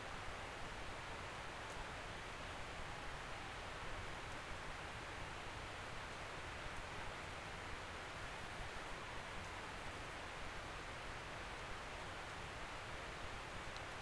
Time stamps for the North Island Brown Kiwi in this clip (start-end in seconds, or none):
none